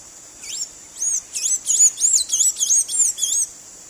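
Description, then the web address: Blue-gray tanager sings an accelerating series of squeaky, slurred high notes lasting around three seconds, over a steady high-pitched background hum. Eastern lowlands of South America; part of a nature sounds collection. "ENTER Science Biology Natures Songs S America Eastern Lowlands Blue-gray Tanager"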